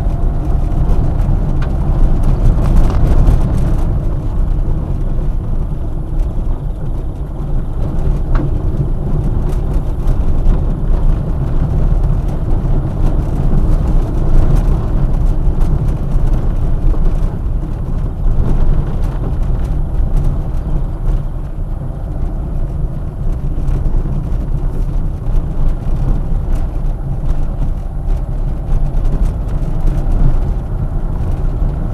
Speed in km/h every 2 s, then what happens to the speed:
30, 25, 18, 20, 23, 25, 23, 19, 19, 22, 24, 20, 18, 18, 15, 22.
0-4 slows to 18. 4-11 speeds up to 25. 11-14 slows to 19. 14-21 steady at about 19. 21-28 slows to 15. 28-32 speeds up to 22.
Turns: 3-10.